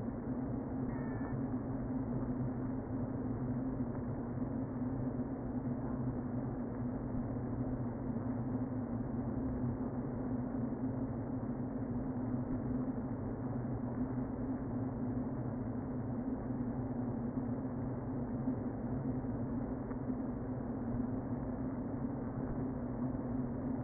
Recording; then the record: honeybee colony, microphone inside the hive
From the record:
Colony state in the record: queen present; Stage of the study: before two queens were removed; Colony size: about 60,000 bees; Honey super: yes